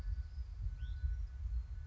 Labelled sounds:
Hutton's Vireo (Vireo huttoni)
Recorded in Sonoma County, California

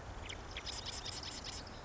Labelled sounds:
Marsh Wren (Cistothorus palustris)
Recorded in Sonoma County, California

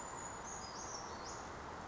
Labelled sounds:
Brown Creeper (Certhia americana)
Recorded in Sonoma County, California

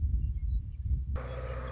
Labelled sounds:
Western Meadowlark (Sturnella neglecta)
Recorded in Sonoma County, California

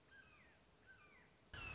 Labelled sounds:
Red-shouldered Hawk (Buteo lineatus)
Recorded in Sonoma County, California

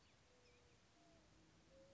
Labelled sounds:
Mourning Dove (Zenaida macroura)
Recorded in Sonoma County, California

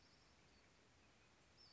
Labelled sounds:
Western Flycatcher (Empidonax difficilis)
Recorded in Sonoma County, California

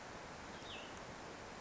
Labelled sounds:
Cassin's Vireo (Vireo cassinii)
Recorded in Sonoma County, California

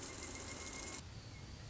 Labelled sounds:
Pileated Woodpecker (Dryocopus pileatus)
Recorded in Sonoma County, California

